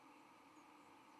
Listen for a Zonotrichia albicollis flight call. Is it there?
no